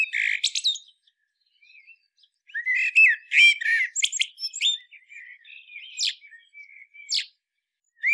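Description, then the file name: Common blackbird song with a loud fluty opening, a pause, then a burst of warbled notes mixed with thin high squeaks and twittering flourishes, followed by quieter scattered notes and a few sharp high squeaks. "Turdus merula"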